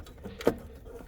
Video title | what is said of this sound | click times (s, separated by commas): The Ultimate Upgrade: Lexus RX450h Cooler Hybrid Battery Cells | And that should just click into place right there. | 0.5 s